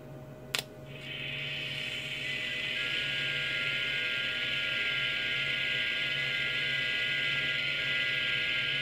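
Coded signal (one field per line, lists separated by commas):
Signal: FT8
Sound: a click, then steady hiss with several faint overlapping warbling tones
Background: radio static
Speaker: I was able to make contacts using ft8 mode on several of the Bands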